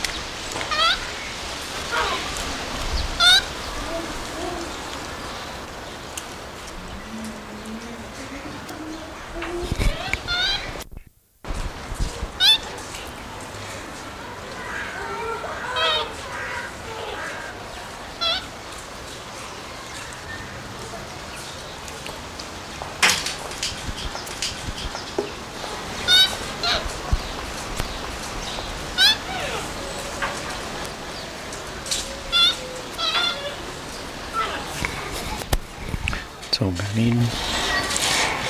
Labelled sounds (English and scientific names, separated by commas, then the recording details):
Weeper Capuchin (Cebus olivaceus) call
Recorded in captivity
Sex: female
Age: adult
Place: Zoo Berlin, Berlin, DE
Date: 1999-10-19 13:43
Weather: heiter, ca. 6°C
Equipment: Sony WM-D6C, Sennheiser ME 80, Kopie Uher 4000 Report Monitor
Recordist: Tembrock, Günter